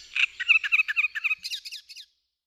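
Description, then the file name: Great reed warbler song: a rapid series of harsh, rasping chattering notes that rise into higher squeakier syllables before stopping abruptly. "Trzciniak"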